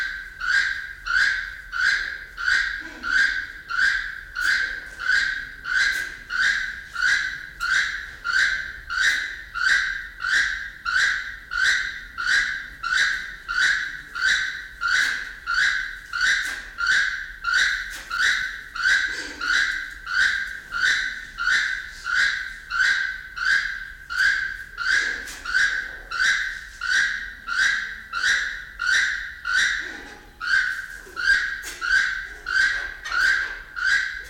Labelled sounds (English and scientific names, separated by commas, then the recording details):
Keel-billed Toucan (Ramphastos sulfuratus) call
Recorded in captivity
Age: adult
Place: Zoo Berlin, Berlin, DE
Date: 1993-06-05 11:02
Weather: 20-25 °C, sonnig
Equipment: Marantz CP 430, Sennheiser ME 80, Kopie Uher Variocord 263
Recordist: Tembrock, Günter